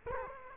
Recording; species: mosquito wingbeat signal from an infrared sensor; Culex quinquefasciatus